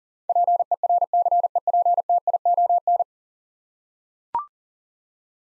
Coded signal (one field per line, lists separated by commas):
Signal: Morse code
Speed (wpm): 40 wpm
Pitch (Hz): 700 Hz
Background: none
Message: PERCEPTION